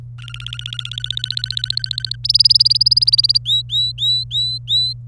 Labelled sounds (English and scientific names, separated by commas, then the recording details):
Domestic Canary (Serinus canaria) song
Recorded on 27 April 2018 at 15:44
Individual llb3